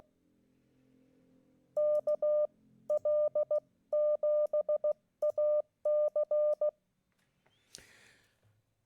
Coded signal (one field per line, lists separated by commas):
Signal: Morse code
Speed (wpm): 16 wpm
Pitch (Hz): 600 Hz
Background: none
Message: KL7AC